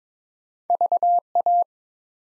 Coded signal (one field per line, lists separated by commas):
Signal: Morse code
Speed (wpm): 22 wpm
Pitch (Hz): 700 Hz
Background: none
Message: VA